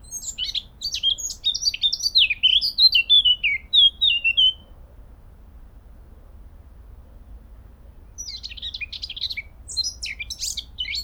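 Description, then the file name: Eurasian blackcap singing a scratchy warble that turns into falling fluty whistles, then a pause before another burst of rapid, high twittering. "Sylvia atricapilla"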